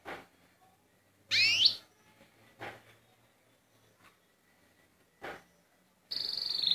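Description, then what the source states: Canary song with a bright rising and falling whistle, then a long sustained whistled note near the end, broken by scattered clicks and rustling sounds. Canary of the Llarguet breed.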